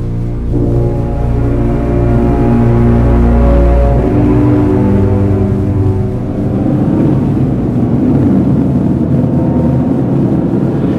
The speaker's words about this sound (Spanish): En una espléndida mañana de verano, un coche se desplaza por la autopista. Los charcos del temporal de la noche anterior empiezan a reducir su tamaño frente a la fuerza del Astro Rey.